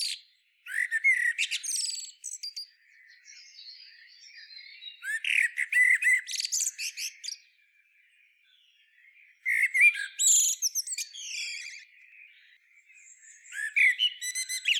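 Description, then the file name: Common blackbird singing repeated phrases about every four to five seconds, each a low mellow warble followed by high, scratchy twittering. "Turdus merula"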